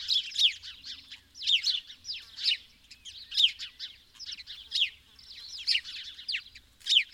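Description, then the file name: House sparrow chirping, many loud harsh chirps in quick bursts. "Passer domesticus"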